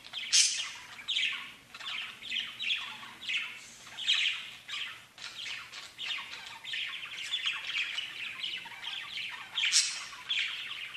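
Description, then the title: Steady budgerigar chattering, a buzzy, rapid twitter of clicks and squeaks with a few shrill high notes near the start and end. "Budgie Sounds"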